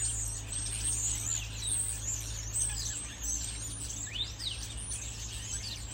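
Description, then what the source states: Common starling song as a busy wash of high chattering, squeaky notes and quick whistles, a few sharp rising and falling slurs, with a constant low hum beneath. More than one starling.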